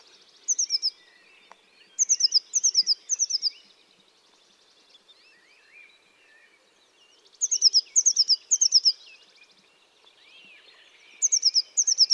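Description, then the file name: Eurasian blue tit giving high, rapid runs of sharp descending notes in several short bursts. "Cyanistes caeruleus"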